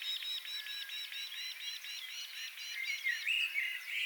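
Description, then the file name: Common blackbird calling with a quick, steady series of sharp repeated notes, then a few more varied notes near the end. "Turdus merula"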